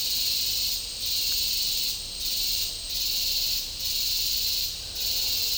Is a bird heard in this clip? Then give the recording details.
no. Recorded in dense forest near Puerto Asís, Putumayo, Colombia, on 20 December 2024 at 12:30. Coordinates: 0.499, -76.324. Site G045